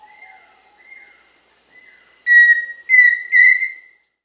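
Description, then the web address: Pheasant cuckoo call, soft steady whistled notes followed by three louder whistles, set against a constant high insect drone. Amazon, Peru. "Birds of the Amazon. Pheasant Cuckoo (Dromococcyx phasianellus), Peru"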